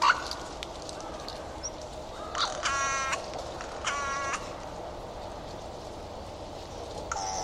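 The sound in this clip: Bird calls: two harsh, nasal caw-like notes with stacked harmonics, each about half a second long and roughly a second apart, over a steady background hiss.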